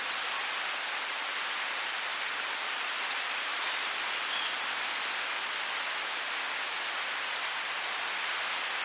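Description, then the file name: Eurasian blue tit singing repeated phrases of high thin whistles dropping into a short rapid trill. A faint long high note sounds between phrases. "Cyanistes caeruleus"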